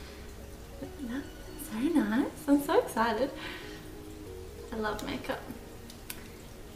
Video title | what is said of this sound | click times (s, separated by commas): Basic make-up application - Tutorial for beginners | that's a little click on the inside so | 6.1 s